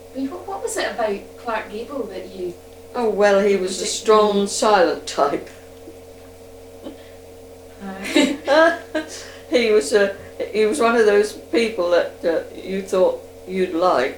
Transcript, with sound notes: And what was it about Clark Gable that you--
Oh well, he was the strong silent type.
Ah. [laughs]
He was one of those people that you thought you'd like.